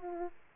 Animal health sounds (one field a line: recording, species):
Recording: mosquito wingbeat signal from an infrared sensor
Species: Aedes aegypti